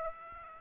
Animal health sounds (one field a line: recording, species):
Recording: mosquito wingbeat signal from an infrared sensor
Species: Aedes aegypti